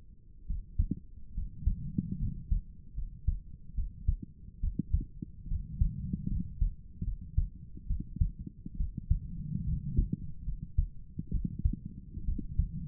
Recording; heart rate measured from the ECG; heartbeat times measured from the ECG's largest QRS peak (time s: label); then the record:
heart sounds by stethoscope; 71 bpm
0.48 s: heartbeat
1.35 s: heartbeat
2.20 s: heartbeat
2.96 s: heartbeat
3.76 s: heartbeat
4.61 s: heartbeat
5.49 s: heartbeat
6.30 s: heartbeat
7.05 s: heartbeat
7.88 s: heartbeat
8.78 s: heartbeat
9.66 s: heartbeat
10.46 s: heartbeat
11.32 s: heartbeat
12.26 s: heartbeat
From the record:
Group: healthy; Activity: rest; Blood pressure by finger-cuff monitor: 113/55 mmHg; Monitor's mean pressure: 74 mmHg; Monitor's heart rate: 70 bpm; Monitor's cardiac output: 7.6 L/min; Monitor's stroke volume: 105 mL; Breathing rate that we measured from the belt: 16 breaths a minute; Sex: female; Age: 22 years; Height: 160 cm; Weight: 63 kg